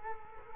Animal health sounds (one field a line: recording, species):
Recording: mosquito wingbeat signal from an infrared sensor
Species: Culex quinquefasciatus